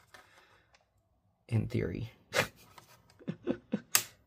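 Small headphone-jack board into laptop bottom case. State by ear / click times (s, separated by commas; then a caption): seated / 4.0 s. Someone talks as the small headphone-jack daughterboard of an ASUS F556U laptop, with its headphone jack already in place, is lowered and pressed down into the plastic bottom case. A sharp, loud snap at 4.0 s marks the board clicking into place, and it is seated.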